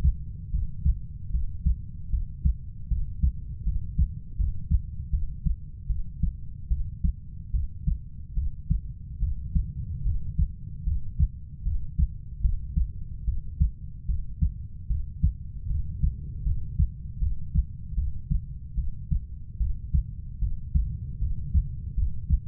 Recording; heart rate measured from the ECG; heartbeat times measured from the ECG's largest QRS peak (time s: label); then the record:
heart sounds by stethoscope; 76 bpm
0.51 s: heartbeat
1.32 s: heartbeat
2.11 s: heartbeat
2.89 s: heartbeat
3.65 s: heartbeat
4.37 s: heartbeat
5.11 s: heartbeat
5.87 s: heartbeat
6.69 s: heartbeat
7.52 s: heartbeat
8.35 s: heartbeat
9.20 s: heartbeat
10.04 s: heartbeat
10.84 s: heartbeat
11.64 s: heartbeat
12.41 s: heartbeat
13.25 s: heartbeat
14.07 s: heartbeat
14.88 s: heartbeat
15.68 s: heartbeat
16.44 s: heartbeat
17.20 s: heartbeat
17.95 s: heartbeat
18.75 s: heartbeat
19.58 s: heartbeat
20.40 s: heartbeat
21.20 s: heartbeat
21.96 s: heartbeat
From the record:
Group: healthy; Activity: cold pressor test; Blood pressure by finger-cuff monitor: 115/45 mmHg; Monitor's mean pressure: 73 mmHg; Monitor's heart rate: 74 bpm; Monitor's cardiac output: 10.6 L/min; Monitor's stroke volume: 141 mL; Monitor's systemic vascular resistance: 490 dyn s/cm5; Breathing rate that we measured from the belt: 10 breaths a minute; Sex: female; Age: 32 years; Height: 168 cm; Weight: 61.9 kg